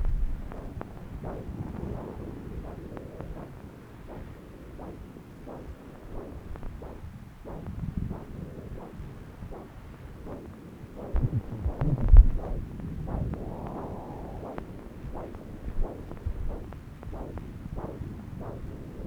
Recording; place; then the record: Doppler ultrasound of blood flow; left subclavian vein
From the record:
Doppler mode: continuous wave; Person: adult scuba diver, at rest before a dive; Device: O'Dive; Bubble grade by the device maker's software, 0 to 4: 0